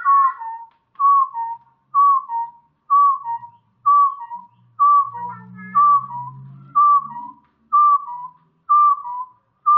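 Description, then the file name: Javan hill partridge giving clear two-part whistles, a higher note sliding into a lower one, repeated about once a second, with a low rumbling hum partway through. "suara puyuh gonggong jawa"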